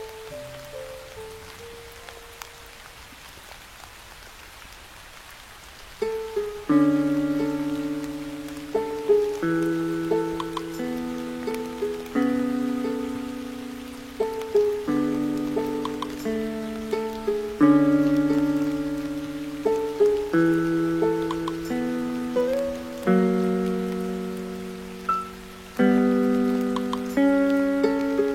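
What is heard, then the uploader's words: Music plays over a soft, steady hiss of rain. A few quiet notes open the clip, then from about six seconds a fuller, mid-pitched melody with sustained chords comes in, its notes struck at a steady, unhurried pace until the end. Music w/ Rain Sounds.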